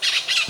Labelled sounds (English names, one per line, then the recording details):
Brown-throated Parakeet contact call
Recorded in Venezuela
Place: Ocumare, La Boca, salina
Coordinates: 10.488, -67.763